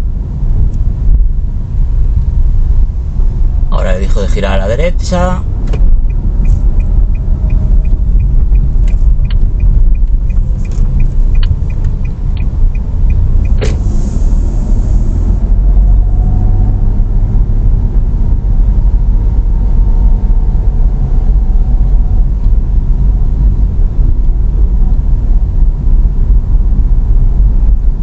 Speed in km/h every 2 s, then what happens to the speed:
12, 12, 19, 20, 16, 13, 16, 23, 26, 25, 23, 24, 24, 26.
2-5 speeds up to 20. 5-11 slows to 13. 11-15 speeds up to 26. 15-28 steady at about 24.